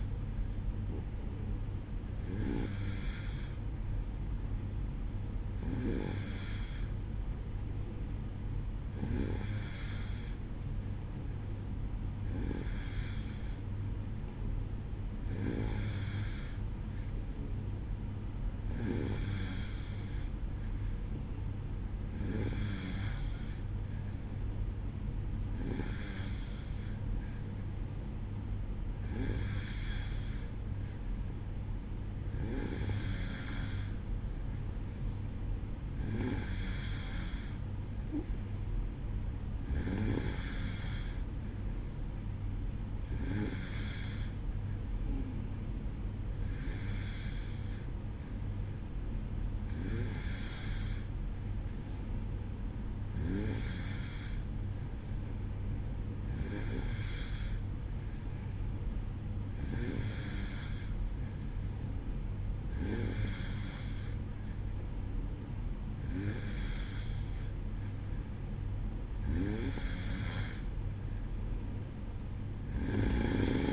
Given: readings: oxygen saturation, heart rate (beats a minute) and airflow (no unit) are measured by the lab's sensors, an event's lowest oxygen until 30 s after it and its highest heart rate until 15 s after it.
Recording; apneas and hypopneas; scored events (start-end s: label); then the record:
breathing in sleep by a smartphone at the bedside; none
none scored
From the record:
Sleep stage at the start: N2 (light sleep); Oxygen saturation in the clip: 92 to 93%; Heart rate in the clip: 54 to 58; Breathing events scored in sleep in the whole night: 305 in 9.6 hours asleep